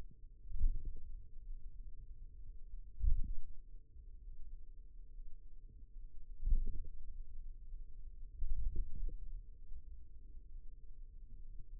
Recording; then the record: forearm muscle sounds (acoustic myography)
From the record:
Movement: pen grasping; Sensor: system 2, bracelet of six BSWA MPA416 microphones around the upper forearm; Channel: 4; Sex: male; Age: 22 years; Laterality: right